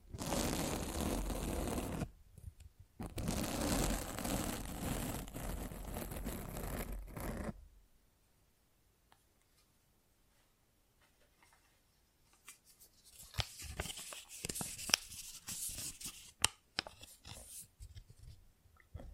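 Microphone scratching comes in two loud, dense rough bursts, one from the start to about 2 seconds and another from 3 to 7.5 seconds, with a short gap between. Near-silence follows until around 12.5 seconds, then lighter, brighter scraping returns with sharp clicks until the end.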